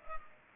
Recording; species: mosquito wingbeat signal from an infrared sensor; Culex pipiens